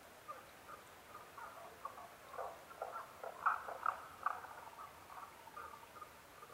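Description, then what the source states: Tago's brown frog calls, a few soft notes building to a brief loud run of three or four clucking notes, then fading. Recorded 15 May 2011 at 02:19.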